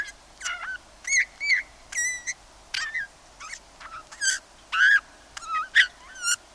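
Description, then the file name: Eurasian bullfinch calls: clear whistled notes, several sliding downward, with a few fainter scratchy notes between. "Pyrrhula pyrrhula"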